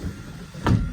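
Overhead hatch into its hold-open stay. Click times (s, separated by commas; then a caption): 0.7 s. A large overhead cabin hatch on a 2023 Beneteau Antares 8 Fishing Version boat is opened, and its stay locks into the hold-open position. Over a low, steady rumble, a sharp click sounds at 0.7 s as the stay seats, confirming the hatch is locked in place.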